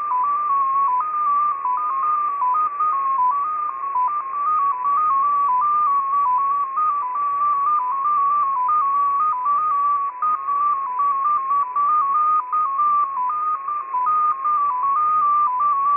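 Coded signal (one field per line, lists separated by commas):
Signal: multi-tone FSK (Olivia or MFSK type)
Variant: XPA2 14-tone MFSK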